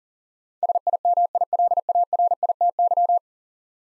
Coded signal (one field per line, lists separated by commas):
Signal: Morse code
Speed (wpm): 40 wpm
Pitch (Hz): 700 Hz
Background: none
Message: SIMILARITY